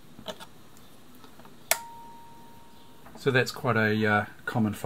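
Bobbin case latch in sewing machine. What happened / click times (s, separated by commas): The latch clicks back into place / 1.7 s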